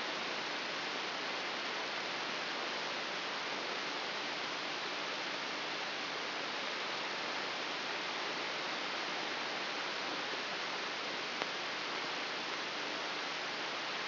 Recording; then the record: brain microelectrode recording played as sound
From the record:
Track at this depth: inside the subthalamic nucleus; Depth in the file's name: 2.1 mm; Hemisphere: left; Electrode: 3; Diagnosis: Parkinson's disease